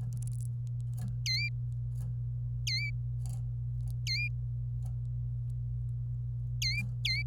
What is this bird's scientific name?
Serinus canaria